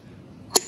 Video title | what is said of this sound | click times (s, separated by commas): 1Zpresso J-Max Unboxing and short review video | and it just kind of clicks into place like that | 0.6 s